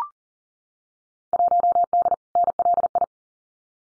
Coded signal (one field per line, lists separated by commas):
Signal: Morse code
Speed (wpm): 38 wpm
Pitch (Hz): 700 Hz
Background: none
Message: 1D NLI